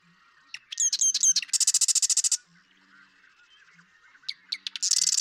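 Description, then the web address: Marsh Wren song: clicking notes leading into a fast, rhythmic rattling trill, a pause, then clicks and the start of another rattle. "birdsongforthecurious Marsh Wren"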